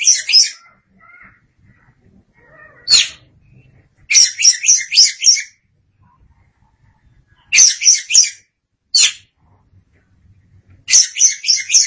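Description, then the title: Oriental magpie-robin delivers repeated chattering series of harsh, scratchy notes and single rasps, with a few soft whistled notes early on. Chirping song. "Suara Kicauan Burung Kacer"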